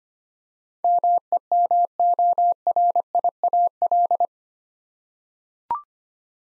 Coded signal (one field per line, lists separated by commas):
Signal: Morse code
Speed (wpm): 25 wpm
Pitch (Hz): 700 Hz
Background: none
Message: MEMORIAL